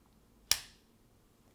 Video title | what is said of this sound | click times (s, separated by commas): How to Use A Semi-Automatic Pistol for Newbies | little click lets you know now the magazine has seated properly okay | 0.5 s